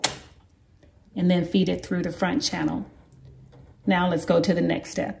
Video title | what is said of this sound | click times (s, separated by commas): Learn How to Thread a Coverstitch Machine - Baby Lock Euphoria (2021) | and then for the right needle again i'm going to push it in until it clicks | 0.0 s